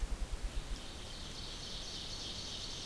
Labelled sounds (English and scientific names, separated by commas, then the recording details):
Ovenbird (Seiurus aurocapilla) song
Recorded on 2 June 2016 at 06:09
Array SBT-3-7